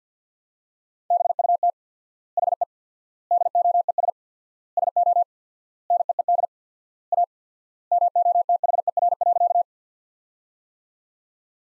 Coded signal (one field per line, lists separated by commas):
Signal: Morse code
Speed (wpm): 50 wpm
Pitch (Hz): 700 Hz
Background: none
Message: BUT HE DOES SO NEED A MOTHER.